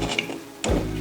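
A plastic distributor screen is pushed onto the bottom of an upside-down Fleck 3150 water softener control valve, set on a worktop station to make it easier to work on. Sharp clicks are heard at 0.2 s and 0.6 s as the screen clips into place. This shows the part is securely installed.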